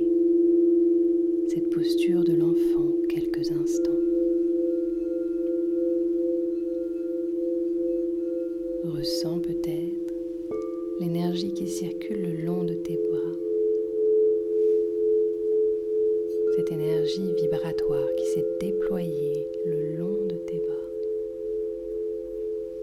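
Crystal bowls ring in a steady, sustained drone throughout, two pure tones layered with a slow wavering pulse that grows more noticeable after about twelve seconds. A man's voice speaks in short bursts over it, around two, nine to thirteen, and seventeen to twenty seconds.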